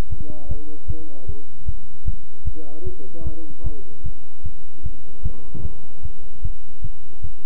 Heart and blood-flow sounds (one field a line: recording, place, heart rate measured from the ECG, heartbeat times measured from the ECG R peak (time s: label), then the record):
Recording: heart sounds by stethoscope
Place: between the tricuspid and mitral areas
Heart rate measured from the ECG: 152 bpm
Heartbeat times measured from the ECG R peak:
0.10 s: heartbeat
0.49 s: heartbeat
0.88 s: heartbeat
1.27 s: heartbeat
1.66 s: heartbeat
2.05 s: heartbeat
2.45 s: heartbeat
2.85 s: heartbeat
3.24 s: heartbeat
3.64 s: heartbeat
4.04 s: heartbeat
4.44 s: heartbeat
4.84 s: heartbeat
5.23 s: heartbeat
5.63 s: heartbeat
6.03 s: heartbeat
6.43 s: heartbeat
6.82 s: heartbeat
7.22 s: heartbeat
From the record:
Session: bicycle stress test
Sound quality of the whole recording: good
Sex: male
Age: 23 years